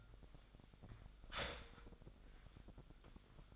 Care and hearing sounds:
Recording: daily activity, microphone in the room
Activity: start toaster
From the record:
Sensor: 5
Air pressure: 1002.1 hPa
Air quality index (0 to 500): 206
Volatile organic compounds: 19 ppm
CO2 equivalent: 2662 ppm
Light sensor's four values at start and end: 33/108/41/43 and 33/108/41/44

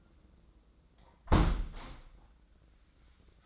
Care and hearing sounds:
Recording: daily activity, microphone in the room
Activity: close window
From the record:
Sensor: 3

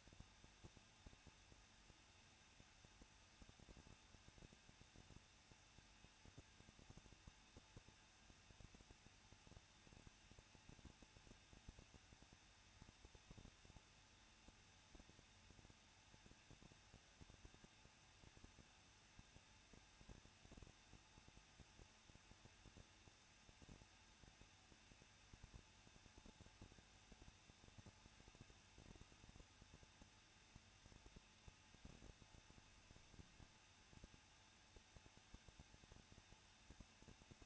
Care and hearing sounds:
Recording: daily activity, microphone in the room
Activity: no activity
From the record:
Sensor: 2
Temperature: 21.0 degrees Celsius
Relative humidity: 37.6%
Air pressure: 1006.3 hPa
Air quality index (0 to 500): 224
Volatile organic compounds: 25 ppm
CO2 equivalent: 2848 ppm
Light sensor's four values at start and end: 2/3/2/2 and 2/3/2/2

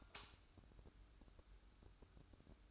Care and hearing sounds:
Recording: daily activity, microphone in the room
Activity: light on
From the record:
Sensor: 2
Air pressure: 1007.7 hPa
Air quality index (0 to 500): 77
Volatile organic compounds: 1 ppm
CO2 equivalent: 641 ppm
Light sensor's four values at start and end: 8/20/8/9 and 14/39/15/15

